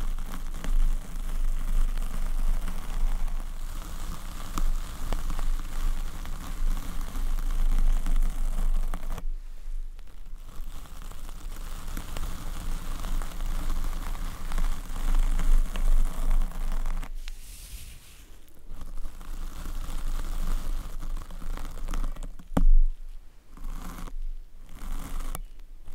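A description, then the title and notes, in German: Scratching and rubbing against a microphone's protective cover, a dense rustle with a low rumble underneath. The friction runs almost continuously, breaking off briefly near ten and seventeen seconds, then turns choppy after twenty-two seconds with short bursts and silences. Mic Scratching. In dieser Folge erzeuge ich mit meinem Mikrofon Schutz Kratzgeräusche.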